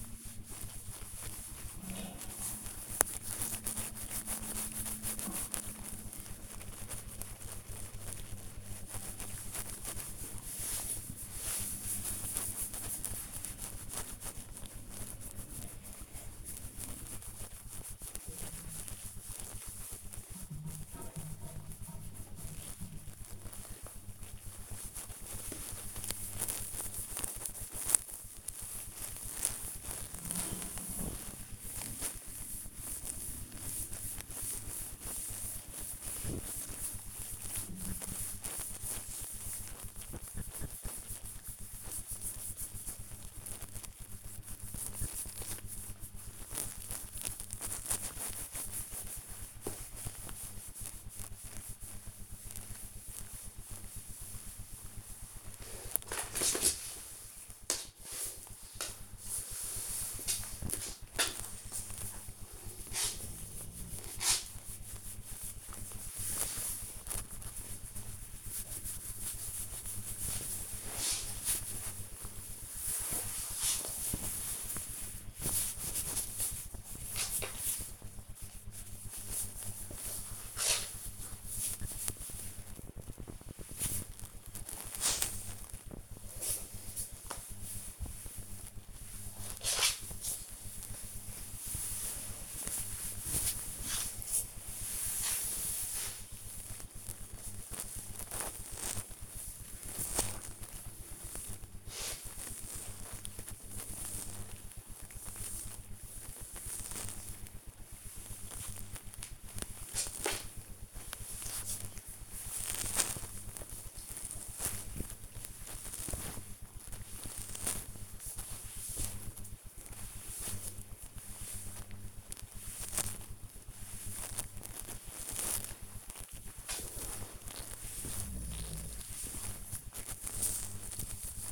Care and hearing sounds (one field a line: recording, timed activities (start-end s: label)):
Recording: household activities, microphone on the right wrist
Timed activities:
0.00-20.02 s: petting the dog
21.03-125.56 s: petting the dog
129.58-131.52 s: petting the dog